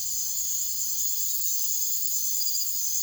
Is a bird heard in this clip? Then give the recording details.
no. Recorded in secondary vegetation near Puerto Asís, Putumayo, Colombia, on 9 March 2025 at 04:00. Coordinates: 0.489, -76.322. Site G042